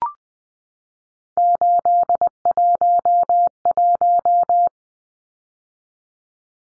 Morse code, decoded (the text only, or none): 811